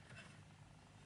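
A two-part embroidery arm is handled onto an embroidery machine in steady low background noise, and nothing has seated or clicked yet.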